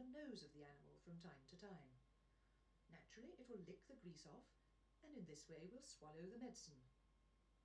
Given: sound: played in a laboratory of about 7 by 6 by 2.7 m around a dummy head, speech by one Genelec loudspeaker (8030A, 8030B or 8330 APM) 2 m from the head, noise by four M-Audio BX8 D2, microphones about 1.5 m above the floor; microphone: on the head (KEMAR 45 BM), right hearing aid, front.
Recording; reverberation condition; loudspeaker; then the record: female speech in English; low; 30 degrees to the left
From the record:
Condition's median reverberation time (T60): about 310 ms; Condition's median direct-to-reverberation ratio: about 3.5 dB